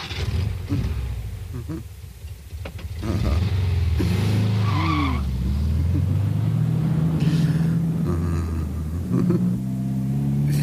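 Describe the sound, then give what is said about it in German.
A car engine turns over and catches, then revs up with rising and falling low rumbles, settling into a loud steady drone with sweeping harmonic whines. “Wie satt der Motor heute klingt.”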